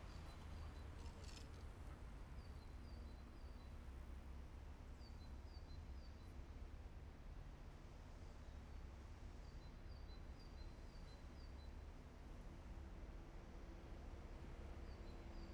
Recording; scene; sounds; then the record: everyday scene through a hearing-aid microphone; in traffic; traffic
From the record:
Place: main city hub, rush hour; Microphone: behind the ear, left, rear